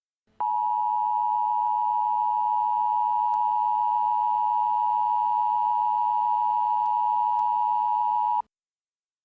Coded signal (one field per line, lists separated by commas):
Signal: Emergency Alert System (SAME) tones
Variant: 853 and 960 Hz attention tone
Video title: Tornado Warning EAS in Charles Town, WV